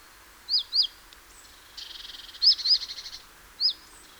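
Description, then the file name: Great tit calls: pairs of sharp rising-falling notes and a dry buzzy churr of quick pulses, then another single sharp note. "Parus major"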